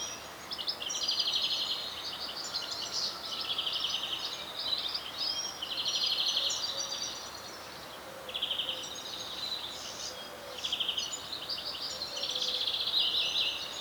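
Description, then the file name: European greenfinch giving bursts of high, rapid twittering trills lasting two to three seconds, separated by short pauses, over faint steady background noise. "Chloris chloris"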